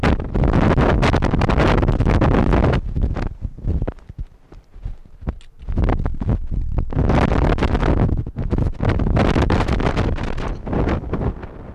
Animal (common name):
Arctic Fox